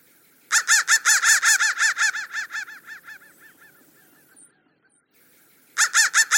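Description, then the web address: Crow giving quick repeated harsh caws that weaken over a few seconds, then a pause before another loud burst of rapid caws begins. "soundfactory crow"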